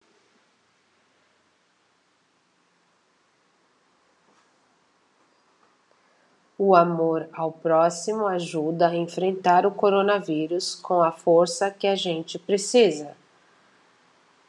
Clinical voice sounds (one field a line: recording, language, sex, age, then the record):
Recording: spoken sentence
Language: Brazilian Portuguese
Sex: female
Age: 50 to 59 years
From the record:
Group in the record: control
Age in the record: 53 years